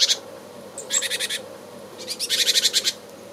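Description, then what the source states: Great tit scolding alarm: harsh, buzzy churring bursts of rapid repeated notes, two main rattles about a second apart, with a short high note just before the first. Very strident scolding call, given when angry or alarmed.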